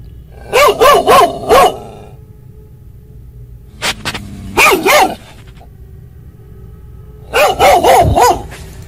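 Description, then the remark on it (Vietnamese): A dog barks outside a bedroom door, scratching hard at it, in three loud bursts: four quick sharp barks, a shorter pair after a pause, then another rapid run of four. No one speaks. “Tiếng của con mực sủa ở ngoài cửa phòng, chân nó cào mạnh tới mức như cố mở cánh cửa này ra mà chạy vào đánh thức bà ấy dậy.”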